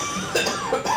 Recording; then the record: coughing mixed with background sound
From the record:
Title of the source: Spring Cold Coughing 2